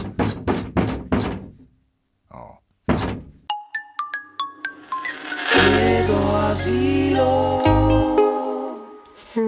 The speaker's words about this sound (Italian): Così? C'è uno che bussa la porta così? Ha dei problemi.